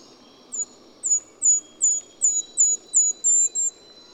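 Golden-crowned kinglet singing a series of about nine very high, thin, down-sliding notes.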